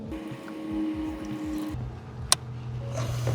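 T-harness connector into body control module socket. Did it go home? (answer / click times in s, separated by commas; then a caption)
yes / 2.3 s. The larger gray T-harness connector of a MyKey Premium remote start kit is pushed up into the body control module socket behind the dash of a 2011–2015 Kia Optima. A low steady hum runs under the clip, then one sharp, loud click sounds at 2.3 s. The connector is confirmed seated.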